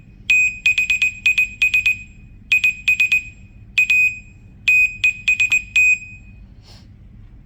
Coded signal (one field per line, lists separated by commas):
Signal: Morse code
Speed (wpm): 20 wpm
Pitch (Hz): 2500 Hz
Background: none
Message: THIS IS A TEST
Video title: Morse Code Translation Device Project Team 4